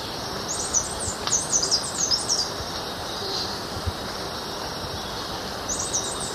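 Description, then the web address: Sooty barbthroat song: thin, very high squeaky notes, a quick run of short downslurred chips, then a brief second burst near the end over a steady forest hiss. Song, recorded in the eastern lowlands of South America. "Natures Songs S America Eastern Lowlands. Threnetes niger, song"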